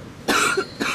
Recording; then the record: coughing mixed with background sound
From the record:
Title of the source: 64 coughing, allergies, singing lungs